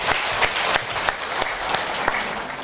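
A dense, steady wash of audience applause at a forum as a speaker on upbringing and education is introduced, many hands clapping at once with a bright, hissy texture and occasional sharper claps poking through, sustained at an even loudness throughout.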